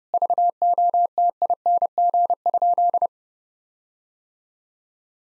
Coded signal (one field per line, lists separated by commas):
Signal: Morse code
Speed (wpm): 30 wpm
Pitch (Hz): 700 Hz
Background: none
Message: VOTING?